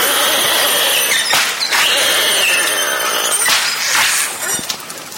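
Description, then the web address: Beluga whale calls, a mix of high whistles, squeals and buzzy pulsed bursts overlapping in rapid succession over steady hiss. "valaat beluga"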